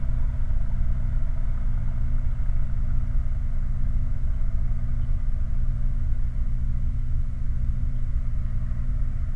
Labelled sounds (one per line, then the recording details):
machinery
flare stack
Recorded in the Prudhoe Bay oil fields, Alaska, on 20 July 2019 at 22:17
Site 29